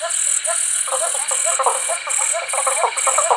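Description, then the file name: Green-striped frog calling with short pulsed notes in quick bursts, over a high buzzing background that pauses at regular intervals. "cyclorana alboguttata"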